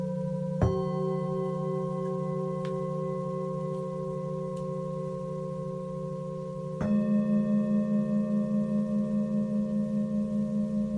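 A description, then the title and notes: Tibetan singing bowls ring with a low, sustained hum, struck near 0.6 and 6.8 seconds, the second strike louder and gently pulsing. Let the sound of the Tibetian Singing Bowls do its magic.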